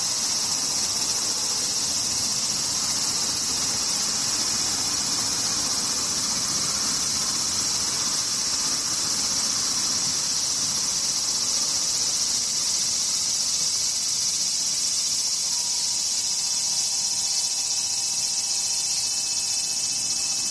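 Cicadas drone without a break, a dense, bright, hissing buzz that stays level for the whole stretch. A low rumble sits underneath throughout, and near the end a faint thin tone appears, holding steady for the last few seconds.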